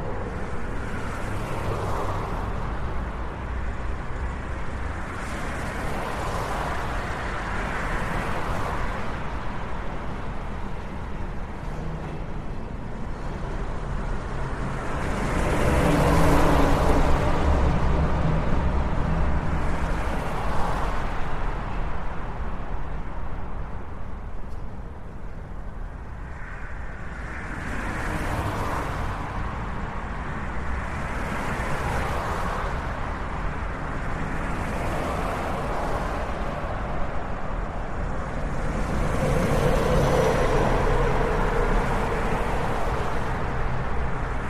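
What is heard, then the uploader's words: Steady road noise from a highway, a constant low rumble of traffic with repeated swells as vehicles pass, roughly every four to six seconds. The loudest stretch comes around 15 to 18 seconds, and another cluster of passes builds near the end. Road Noise and Highway Sounds.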